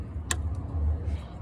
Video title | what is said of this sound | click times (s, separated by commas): How To Replace Ford F250 Alternator EASY WAY with NO BELT TENSIONER - The DIY Guide - Ep 222 | All you do is line it up and push it down until you hear a click. | 0.3 s